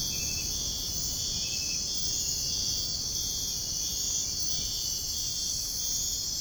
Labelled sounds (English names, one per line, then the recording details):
none
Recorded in dense forest near Puerto Asís, Putumayo, Colombia, on 29 June 2025 at 05:00
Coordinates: 0.481, -76.323
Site G072